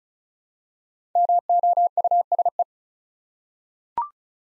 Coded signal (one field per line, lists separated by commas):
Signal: Morse code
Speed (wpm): 36 wpm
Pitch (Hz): 700 Hz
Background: none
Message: MOUSE